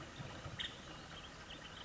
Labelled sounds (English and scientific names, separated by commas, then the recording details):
Nuttall's Woodpecker (Dryobates nuttallii)
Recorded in Sonoma County, California